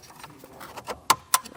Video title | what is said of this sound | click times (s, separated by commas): etrailer - Installing the Redarc Tow-Pro Liberty Brake Controller on a 2022 Ram 2500 | make sure that clicks right in place for us. | 1.1 s, 1.3 s